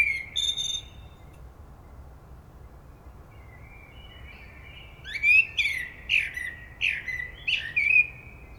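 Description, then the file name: Common blackbird song: a short fluty phrase, then after a pause a run of several sliding whistled notes with high twitters mixed in. "Turdus merula"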